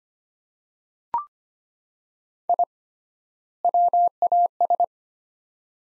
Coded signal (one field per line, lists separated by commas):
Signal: Morse code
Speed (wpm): 25 wpm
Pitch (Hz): 700 Hz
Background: none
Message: I WAS